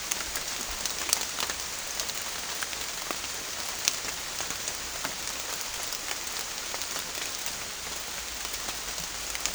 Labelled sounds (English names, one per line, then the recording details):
none
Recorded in secondary vegetation near Puerto Asís, Putumayo, Colombia, on 21 December 2024 at 15:00
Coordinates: 0.484, -76.319
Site GP06